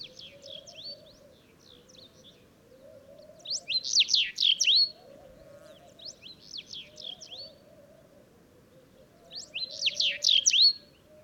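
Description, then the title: Sahara bunting songs repeated several times, each a short rush of tumbling whistled notes, with softer phrases between and a steady low drone throughout. Several Sahara buntings singing unseen among heaps of stones in the ruins of old Wadan, Mauritania, just after sunrise on 23 February 2019; made with Tlp7 and Mixpre3. "Bruant du Sahara - Mauritanie"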